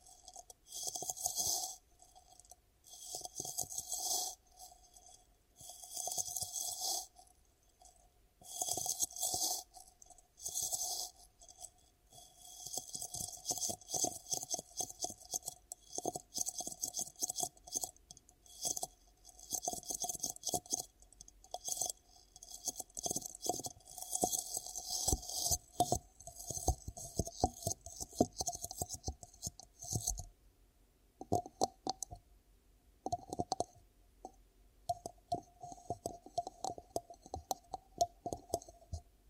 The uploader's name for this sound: ASMR 10 Ear Cupping Triggers